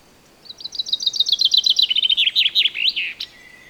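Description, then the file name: Common chaffinch song, one cheerful rattling phrase of quick notes that drops in pitch before a sharp closing flourish. "Fringilla coelebs"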